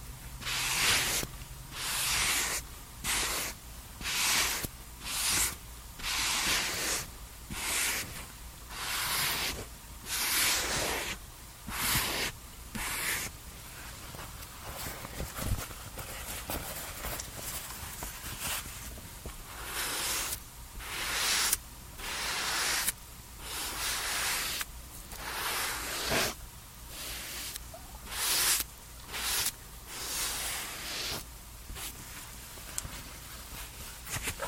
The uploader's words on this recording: TimASMR-Doing Your Summer Skincare Routine and Makeup Sounds NO TALKING.